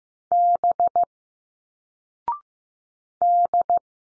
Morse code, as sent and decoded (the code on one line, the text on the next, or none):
-... / -..
B D